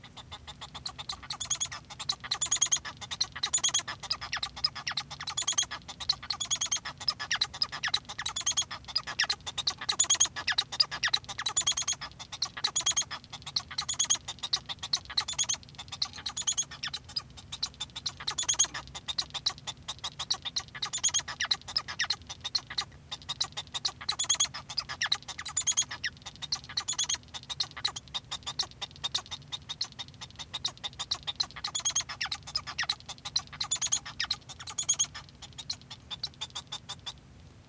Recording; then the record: song of a male Bengalese finch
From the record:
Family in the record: son of father 1